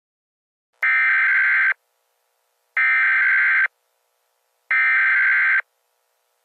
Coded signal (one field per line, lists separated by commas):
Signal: Emergency Alert System (SAME) tones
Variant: header bursts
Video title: EAS Scenario: Illinois Weather Disaster